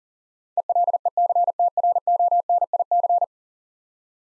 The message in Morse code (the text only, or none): ELECTRONIC